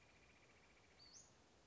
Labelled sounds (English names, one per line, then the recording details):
Western Flycatcher
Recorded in Sonoma County, California